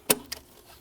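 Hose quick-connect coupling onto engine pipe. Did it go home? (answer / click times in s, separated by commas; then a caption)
yes / 0.1 s. A hose end with its retaining clip is dropped down and pushed onto an engine pipe on a 2019-2023 BMW G05 X5 / G06 X6 (50i, M50i, N63TU3) during a coolant thermostat replacement. A loud, sharp click at 0.1 s marks the quick-connect coupling seating onto the pipe, followed by a quieter, shorter tick at 0.3 s. The hose is seated.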